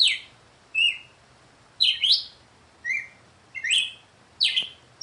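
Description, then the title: Red-cowled cardinal song of crisp, slurred whistles, dropping in pitch, some paired into quick two-note phrases, spaced about a second apart. Female red-cowled cardinal singing; the song is presented as a way to get a male to sing the 'açoite' song style. "Canto Galo Campina Fêmea. COMO FAZER SEU GALO CAMPINA CANTAR AÇOITE"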